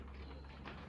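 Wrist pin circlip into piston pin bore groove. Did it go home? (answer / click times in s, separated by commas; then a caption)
no / none. A small screwdriver walks a wire wrist pin circlip into the retaining groove of the pin bore in an aluminium piston from a 2006-2014 Honda TRX450R engine rebuild. There is a steady low hum with faint scraping of the clip, and a brief louder burst at 0.7 s. The circlip is still being handled and has not seated or clicked yet.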